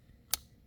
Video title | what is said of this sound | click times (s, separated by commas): Happy Thanksgiving - Turkey With The Nifty Fifty | And there's an audible click when it goes in properly. | 0.3 s